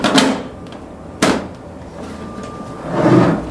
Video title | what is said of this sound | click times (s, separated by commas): How to put toghether a desktop pc | again you just press down until it clicks | 1.2 s